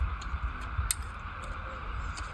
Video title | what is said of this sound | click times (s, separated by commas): Injectors replacement on Toyota Corolla 2008 #automobile #injectors #carmodification #corolla | just wait to hear the click. | 0.9 s